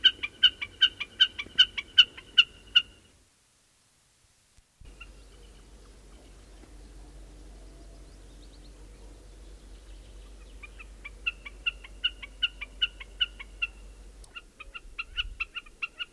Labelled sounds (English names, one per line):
Common Snipe call